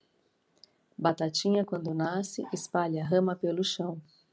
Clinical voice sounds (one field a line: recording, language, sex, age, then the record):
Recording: short text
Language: Brazilian Portuguese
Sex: female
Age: 50 to 59 years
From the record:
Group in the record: control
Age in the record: 50 years